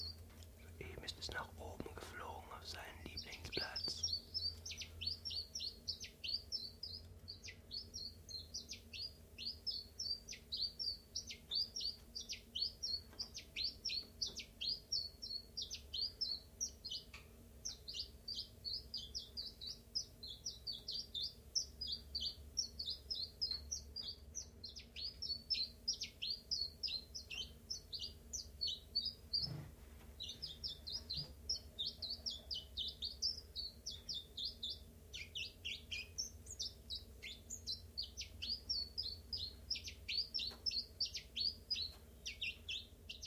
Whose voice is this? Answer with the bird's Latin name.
Phylloscopus collybita